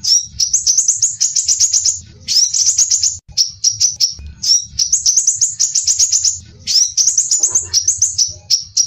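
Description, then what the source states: Crimson sunbird song: bursts of rapid, very high, thin twittering notes in fast runs, pausing briefly between phrases, over a faint low hum. Masteran song-training material for teaching song.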